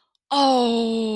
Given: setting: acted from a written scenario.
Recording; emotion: vocal sound without words; adoration